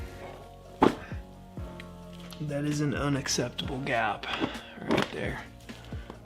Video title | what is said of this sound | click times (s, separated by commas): Ducati Monster Tail Tidy, Turn Signals, Taillight | also not latching, but that's probably because I have this set up strangely. | none